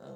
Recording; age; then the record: pig call; piglet (1 to 25 days)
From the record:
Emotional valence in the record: negative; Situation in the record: short isolation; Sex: female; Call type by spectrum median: low-frequency call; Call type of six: low-frequency stable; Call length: 0.17 s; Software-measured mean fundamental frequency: 50 Hz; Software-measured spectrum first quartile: 225 Hz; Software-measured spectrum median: 454 Hz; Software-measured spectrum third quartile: 647 Hz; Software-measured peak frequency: 503 Hz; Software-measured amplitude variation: 75 dB a second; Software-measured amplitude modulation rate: 24.2 a second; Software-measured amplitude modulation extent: 3.1 dB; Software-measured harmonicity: 1.4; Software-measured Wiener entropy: 0.16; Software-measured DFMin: 1091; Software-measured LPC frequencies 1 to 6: 542, 1415, 3025, 3796, 5702, 6782 Hz